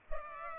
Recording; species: mosquito wingbeat signal from an infrared sensor; Culex pipiens